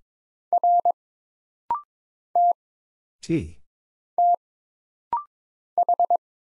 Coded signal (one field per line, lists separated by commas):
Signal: Morse code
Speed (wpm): 22 wpm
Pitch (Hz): 700 Hz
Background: none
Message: R T T H